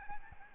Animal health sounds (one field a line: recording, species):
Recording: mosquito wingbeat signal from an infrared sensor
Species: Aedes albopictus